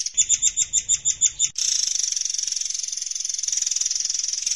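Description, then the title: Oriental magpie-robin singing a quick series of sharp, high, ringing notes, followed by a steady, rapid, buzzy high trill that continues to the end. "Kicau Kacer"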